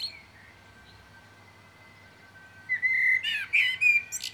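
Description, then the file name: Common blackbird: after a quiet stretch, a low fluted warble bursts out, followed by several sharp high twittering notes. "Turdus merula"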